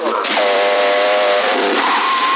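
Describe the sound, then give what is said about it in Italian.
A buzzing raspberry blown over a CB radio on channel 10 in Sassari, a steady vibrating drone lasting about a second amid thin, band-limited radio static, followed by a fainter tonal burble. “Adesso ha fatto la pernacchia, chi è?”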